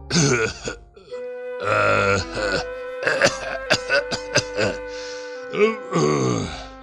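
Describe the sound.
An old man grunts and groans in low, throaty bursts, then lets out a rapid series of short, sharp coughs before a final drawn-out grunt, shivering with cold as he gets out of bed before five in the morning.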